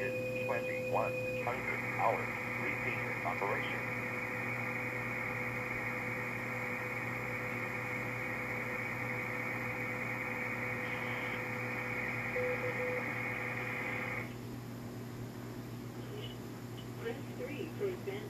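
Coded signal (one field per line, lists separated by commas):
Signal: MT63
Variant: MT63-2000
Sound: low, steady wide hiss-like warble with faint edge tones, under hum and sporadic noises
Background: mains hum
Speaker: I'm still missing a few characters it didn't get them all in the subsequent reads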